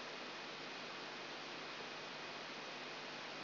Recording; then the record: brain microelectrode recording played as sound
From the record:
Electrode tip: outside the subthalamic nucleus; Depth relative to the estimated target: -4 mm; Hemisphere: right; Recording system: AlphaMap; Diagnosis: Parkinson's disease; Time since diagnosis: 24 years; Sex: female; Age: 57 years